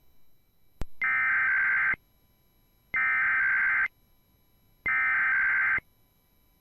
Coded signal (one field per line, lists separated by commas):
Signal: Emergency Alert System (SAME) tones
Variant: header bursts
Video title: IPAWSCAP Weeklies, 1 ADR & KLOX DMO (EAS 390-398)